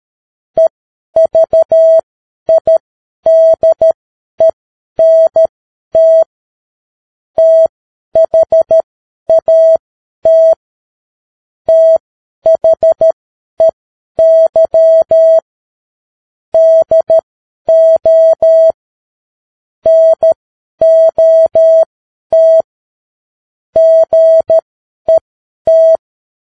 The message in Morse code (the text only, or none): EVIDENT THAT THEY DO NOT GET